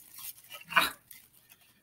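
A plastic monitor stand arm is pushed into its monitor stand base by hand, without tools, with faint handling rustle before a sharp snap at 0.8 s as it seats nicely and tight. Small ticks follow at about 1.1 and 1.5 s.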